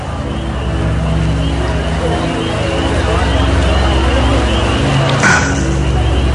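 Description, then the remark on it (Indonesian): A steady, dense murmur of a crowd, many indistinct voices blending into one continuous wash over a low droning hum, with a brief brighter clatter near the end. “Suara kerumunan orang-orang itu masih terdengar jelas, namun tidak nampak satu orang pun di sana.”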